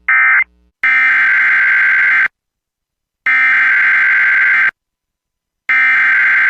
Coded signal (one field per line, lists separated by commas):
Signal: Emergency Alert System (SAME) tones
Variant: header bursts